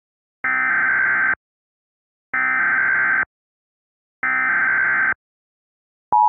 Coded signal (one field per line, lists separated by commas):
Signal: Emergency Alert System (SAME) tones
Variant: header bursts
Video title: [EAS SCENARIO / ANALOG HORROR] - Dark Autumn 2